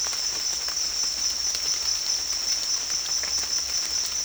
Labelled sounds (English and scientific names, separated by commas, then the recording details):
none
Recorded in dense forest near Puerto Asís, Putumayo, Colombia, on 21 March 2025 at 16:00
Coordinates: 0.499, -76.324
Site GP03